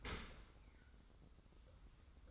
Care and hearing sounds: daily activity, microphone in the room; open dishwasher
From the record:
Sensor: 3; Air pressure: 990.5 hPa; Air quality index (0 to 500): 195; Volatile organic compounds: 1000 ppm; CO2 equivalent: 6389 ppm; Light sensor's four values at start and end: 41/96/39/37 and 41/96/39/37

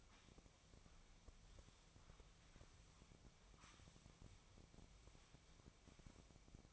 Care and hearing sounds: daily activity, microphone in the room; sweep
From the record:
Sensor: 1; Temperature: 24.4 degrees Celsius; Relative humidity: 39.3%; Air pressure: 1003.1 hPa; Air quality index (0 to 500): 197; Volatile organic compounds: 6 ppm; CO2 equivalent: 1887 ppm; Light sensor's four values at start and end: 13/31/13/15 and 13/32/13/16

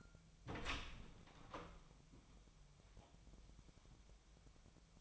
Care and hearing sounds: daily activity, microphone in the room; open door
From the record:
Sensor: 1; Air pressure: 1007.2 hPa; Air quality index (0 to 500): 198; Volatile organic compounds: 19 ppm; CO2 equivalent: 2670 ppm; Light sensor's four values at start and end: 13/32/13/15 and 13/33/13/15

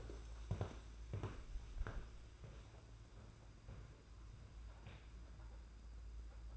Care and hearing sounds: daily activity, microphone in the room; walk to room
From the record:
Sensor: 2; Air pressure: 991.9 hPa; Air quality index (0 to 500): 233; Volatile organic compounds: 1000 ppm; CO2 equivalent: 7824 ppm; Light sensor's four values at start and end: 16/52/20/19 and 18/58/22/21

